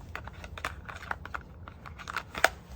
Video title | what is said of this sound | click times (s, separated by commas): YTPC #297 Tabak De La Semois: Savinelli 310ks Elaganza. | you hear it locked there too. | 2.4 s